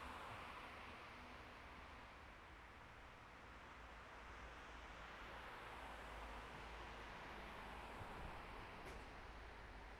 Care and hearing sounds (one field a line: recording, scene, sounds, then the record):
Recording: everyday scene through a hearing-aid microphone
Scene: in traffic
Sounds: traffic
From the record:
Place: bus stop on a city main road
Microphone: behind the ear, right, rear